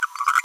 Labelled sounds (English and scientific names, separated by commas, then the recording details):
Green-rumped Parrotlet (Forpus passerinus) babbling
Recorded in a nest box in Venezuela
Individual 18B25A5